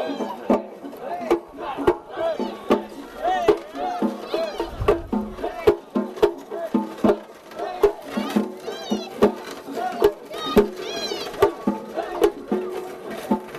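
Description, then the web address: Cat meowing: many short, varied meows in a steady run, with sharp clicks in between. Cats recorded in Yokosuka. "cats. yokosuka"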